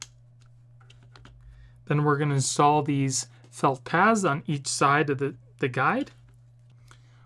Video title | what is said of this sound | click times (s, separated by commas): Best And Worst Screen Protectors For Samsung Galaxy S24 Ultra | All you need to do is simply press it into the little slot here until you hear a little click. | 0.0 s